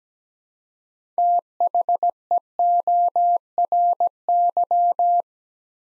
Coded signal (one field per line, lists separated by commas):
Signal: Morse code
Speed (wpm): 17 wpm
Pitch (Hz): 700 Hz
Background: none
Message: THEORY